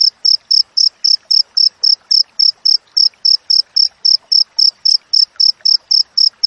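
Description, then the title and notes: Cricket chirps in an even, rapid rhythm, each short high-pitched pulse following the last at roughly a quarter-second interval. Wild crickets with clear, closely spaced chirps, used for training songbirds and to repel rats. "Masteran Jangkrik Alam Jernih, Jeda Rapat Cocok Untuk Masteran Burung Dan Mengusir Tikus. suara jangkrik"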